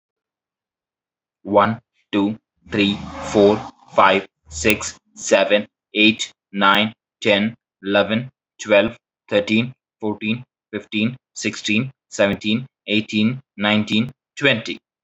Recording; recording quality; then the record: counting at a normal pace; excellent, no background noise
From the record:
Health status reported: recovered from COVID-19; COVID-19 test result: negative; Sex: male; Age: 23 years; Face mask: not worn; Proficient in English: yes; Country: India